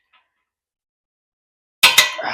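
A torque wrench tightens a bolt on the exhaust flange of an aftermarket exhaust fitment on a BRZ car, and the wrench clicks at its set torque at 1.8 s. After near silence, that sharp click is followed by a second snap at 2.0 s and a brief metallic ring. The bolt is torqued down.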